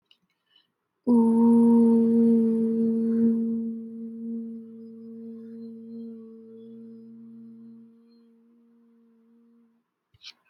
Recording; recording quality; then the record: sustained vowel as in boot; excellent, no background noise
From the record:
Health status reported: healthy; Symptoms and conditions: none ticked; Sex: female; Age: 20 years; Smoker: not ticked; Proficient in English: yes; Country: India